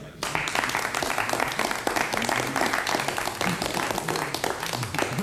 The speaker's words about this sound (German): Besonderen Dank möchte ich richten an unseren Sponsor von McLintosh Limited, der möglich gemacht hat unsere Veranstaltung hier. Beifall für unseren Sponsor.